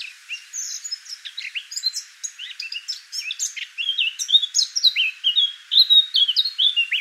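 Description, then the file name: Eurasian blackcap song, a continuous varied warble of quick chirps and slurs, becoming louder with clear downslurred fluty whistles in the later seconds. "Sylvia atricapilla"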